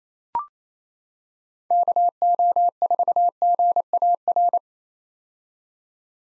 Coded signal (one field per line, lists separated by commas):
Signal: Morse code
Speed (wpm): 28 wpm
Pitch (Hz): 700 Hz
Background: none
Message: KO4GAR